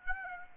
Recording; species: mosquito wingbeat signal from an infrared sensor; Aedes aegypti